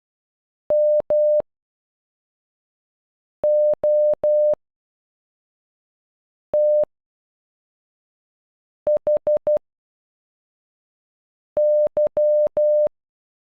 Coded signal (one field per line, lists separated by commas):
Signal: Morse code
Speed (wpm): 12 wpm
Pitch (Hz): 600 Hz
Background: none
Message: MOTHY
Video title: Timothy in Morse code